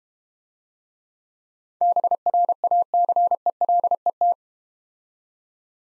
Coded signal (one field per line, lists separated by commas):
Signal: Morse code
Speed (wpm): 31 wpm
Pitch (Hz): 700 Hz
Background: none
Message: BRACELET